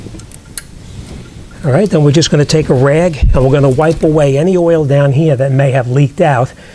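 A wiring harness electrical connector is pushed back onto the variable valve timing (VTEC) solenoid on the engine of a 2002-2009 Honda CR-V. After a couple of faint ticks, it snaps into place with a sharp, loud click at 0.6 s, and the connector is seated. Someone then talks.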